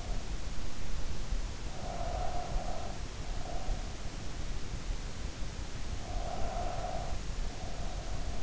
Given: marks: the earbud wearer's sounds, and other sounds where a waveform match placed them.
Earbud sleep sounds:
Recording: sounds in sleep by an in-ear microphone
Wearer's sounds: breath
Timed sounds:
1.46-4.02 s: breath
5.90-8.43 s: breath

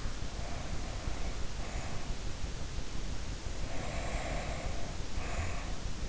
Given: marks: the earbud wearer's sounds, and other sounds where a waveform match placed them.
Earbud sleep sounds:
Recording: sounds in sleep by an in-ear microphone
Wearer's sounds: breath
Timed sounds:
0.00-2.15 s: breath
3.52-5.85 s: breath

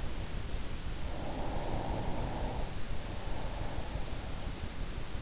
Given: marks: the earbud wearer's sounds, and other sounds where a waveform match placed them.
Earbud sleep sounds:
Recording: sounds in sleep by an in-ear microphone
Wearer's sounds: breath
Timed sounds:
0.59-4.32 s: breath

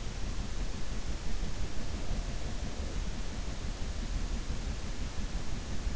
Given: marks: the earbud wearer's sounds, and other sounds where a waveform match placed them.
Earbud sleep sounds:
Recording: sounds in sleep by an in-ear microphone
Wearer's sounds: breath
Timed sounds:
1.47-3.25 s: breath

